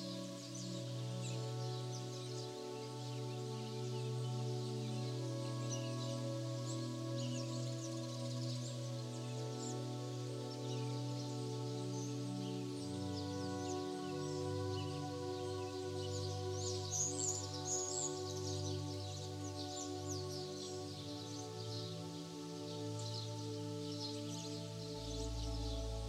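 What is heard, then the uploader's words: Soft, sustained low music tones shift downward around thirteen seconds while busy birdsong chirps and twitters steadily above, brightest near seventeen seconds. FALL ASLEEP Peacefully with BIRDSONG and Relaxing MUSIC. Birdsong harmoniously intertwines with relaxing music.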